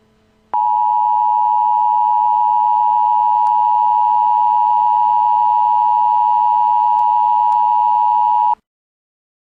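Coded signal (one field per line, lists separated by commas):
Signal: Emergency Alert System (SAME) tones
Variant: 853 and 960 Hz attention tone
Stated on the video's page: Fan-made EAS recreation based on the game Parasite Eve with a retro 1997 style.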